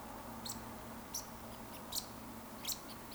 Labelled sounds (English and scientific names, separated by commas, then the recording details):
Eurasian Woodcock (Scolopax rusticola)
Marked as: woodcock, woodcock, woodcock, woodcock
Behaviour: display flight
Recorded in Baden-Württemberg, Germany, on 16 June 2020 at 20:34 UTC
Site 14569, 102 m above sea level